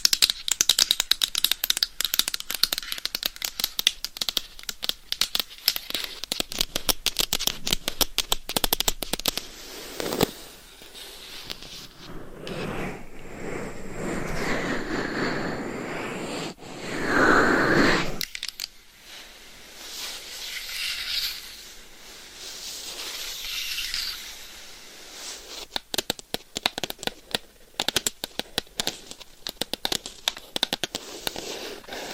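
Claws scratch and tap against a microphone in dense, rapid bursts of dry clicks and scrapes for the first ten seconds, returning after about 25 seconds. Between these, slower, softer rubbing and scraping swells and fades, with a brief louder scratch near 17 seconds.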